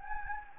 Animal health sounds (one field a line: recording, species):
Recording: mosquito wingbeat signal from an infrared sensor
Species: Anopheles gambiae